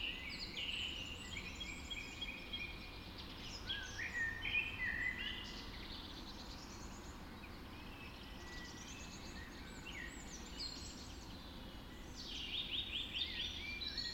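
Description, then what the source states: Birds singing in a dense dawn chorus, several songsters overlapping with trills and sharp whistled phrases, a fuller burst near the end, over a constant low hum. Dawn chorus recorded just after dawn in the Forest of Dean.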